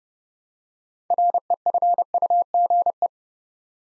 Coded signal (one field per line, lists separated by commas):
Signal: Morse code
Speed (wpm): 28 wpm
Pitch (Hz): 700 Hz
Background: none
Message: REFUGE